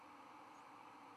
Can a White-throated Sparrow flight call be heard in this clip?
no